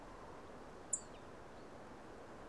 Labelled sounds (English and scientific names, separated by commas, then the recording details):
Common Chaffinch (Fringilla coelebs)
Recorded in Germany
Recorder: ecoPi